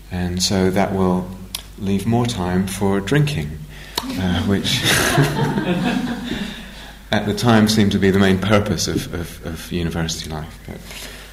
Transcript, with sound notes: and so that will leave more time for drinking." [laughter] Which at the time seemed to be the main purpose of university life.